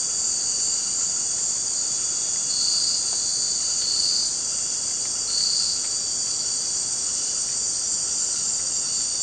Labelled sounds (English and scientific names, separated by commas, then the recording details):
none
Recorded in dense forest near Puerto Asís, Putumayo, Colombia, on 27 June 2025 at 18:30
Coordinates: 0.484, -76.317
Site G045